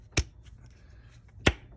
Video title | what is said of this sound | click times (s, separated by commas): Spark plug replacement 2012 Tiguan TSi | kind of hear it snap when it goes into place right | 0.2 s, 1.5 s